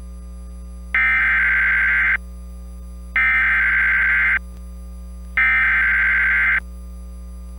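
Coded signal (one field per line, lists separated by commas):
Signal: Emergency Alert System (SAME) tones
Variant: header bursts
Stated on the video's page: Severe thunderstorm warning relayed over Comcast cable from a station using EMNet.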